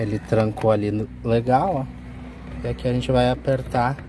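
A horn pad is being handled for pressing into its position in the steering wheel of a Fiat Siena, Palio or Uno while someone talks over a steady low hum. Nothing has seated or clicked yet by the end of the clip.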